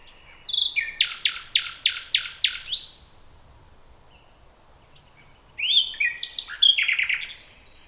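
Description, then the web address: Common nightingale song with a fast series of loud, harsh repeated notes, a quiet gap, then varied whistles and rapid chattering phrases. "nachtegaal luscinia megarhynchos"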